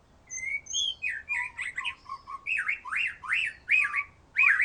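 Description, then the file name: White-rumped shama song made of repeated sweeping whistled notes that rise and fall, with some mixed in harsher, buzzy notes. "murai batu"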